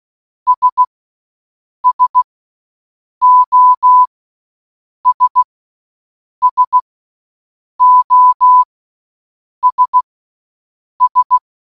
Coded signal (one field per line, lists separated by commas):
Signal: Morse code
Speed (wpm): 16 wpm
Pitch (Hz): 1000 Hz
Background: none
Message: S SOS SOS S